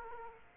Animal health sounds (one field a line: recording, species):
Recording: mosquito wingbeat signal from an infrared sensor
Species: Aedes aegypti